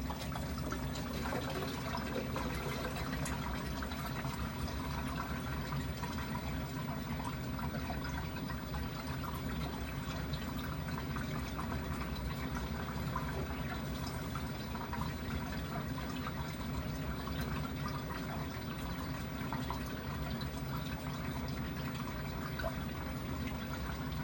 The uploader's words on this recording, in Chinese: 洗衣機。轉一轉洗一洗。